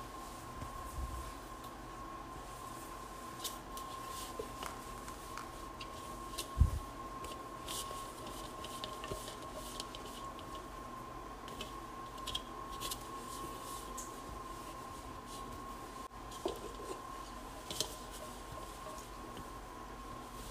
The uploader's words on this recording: ASMR Washing and Drying Large Bowl.